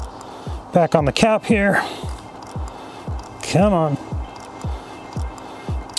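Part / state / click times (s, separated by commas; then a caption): oil filter element into oil filter housing cap / seated / 6.0 s. A new cartridge oil filter element is pushed into its plastic housing cap, whose O-ring has been oiled, while someone talks and strains to get it in. Soft rhythmic thumps sound under the effort until a sharp snap at 5.9 s seats the element in the cap.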